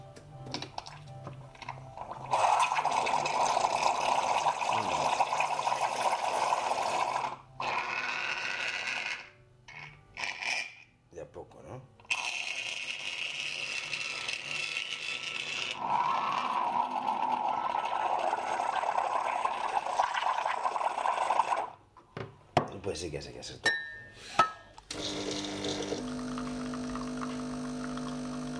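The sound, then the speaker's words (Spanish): A coffee maker, received as a gift and being tried out by someone unsure how to use it, runs with a steady, loud hissing and gurgling drone that stops and restarts a couple of times, broken by clicks and clatter, ending with a brief pour. “Buenos días, esto es TP Madrid y me regalaron una cafetera que no sé cómo se usa.”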